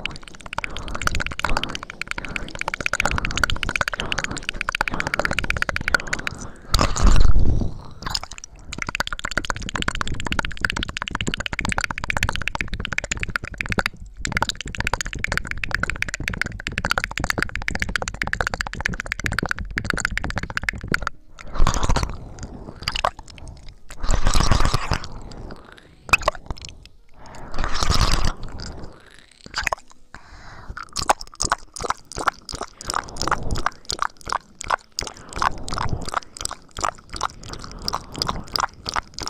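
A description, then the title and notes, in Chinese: Wet ear licking and mouth sounds: dense, sticky clicks and soft smacking run almost without pause. Louder, fuller slurping swells come around 7, 24 and 28 seconds, and the last stretch turns into quicker, evenly spaced clicks. 舔耳+口腔音。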